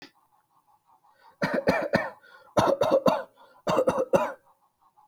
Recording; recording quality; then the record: shallow voluntary cough; moderate, slight background noise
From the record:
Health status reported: healthy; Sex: male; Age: 39 years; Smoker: no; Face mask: worn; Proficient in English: yes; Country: India